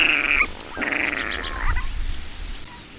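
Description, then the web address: Water rail squealing calls, a harmonic squeal followed by a longer, more broken squeal, over low background rumble. "agykontroll Madardalok Cd 3. Guvat"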